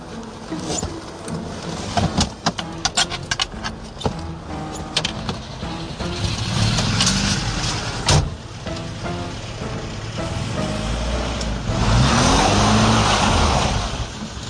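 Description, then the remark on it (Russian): The professor's car, leaving the city and driving 60 kilometres to the town of Avidiopol: its engine drones steadily after a few seconds of sharp clicks and knocks, then revs louder with a rising pitch near the end, with no voices. “Автомобиль профессора покинул пределы города и проехал еще 60 километров вот до этой точки.”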